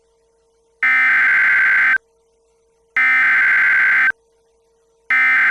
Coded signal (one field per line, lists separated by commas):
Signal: Emergency Alert System (SAME) tones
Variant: header bursts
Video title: [EAS Scenario/Angry EAS] WSM Pt 1: The KWO35 incident (VALID TONES)